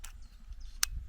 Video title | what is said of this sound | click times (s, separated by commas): The Most Powerful Air Pistol I've Ever Tested! The Gamo P-25 (Blowback) | then simply slide it back until you hear the click | 0.8 s